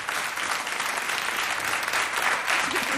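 Sustained audience applause, a dense steady wash of many hands clapping at an even, fairly loud level for the full three seconds, with no voices standing out.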